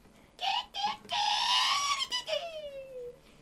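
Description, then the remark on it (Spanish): A rooster crows for the third time: two short rising notes, a long loud sustained middle, then a falling, fading tail, bright and strongly harmonic with nothing else underneath. “Colocaron sus tres oídos tras ella y en ese momento el gallo cantó por tercera vez.”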